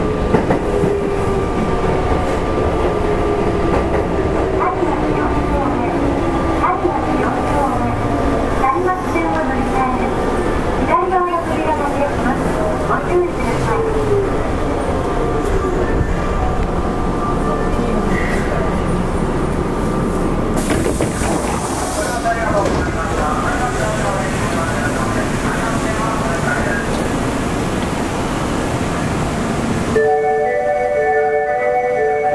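A 7000 series train runs steadily, its motor whine sliding down in pitch, with a rushing hiss near 21 seconds and chimes near the end.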